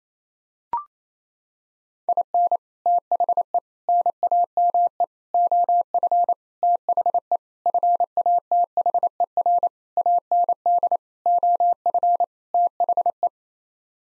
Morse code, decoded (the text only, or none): IN THE NAME OF THE FATHER AND OF THE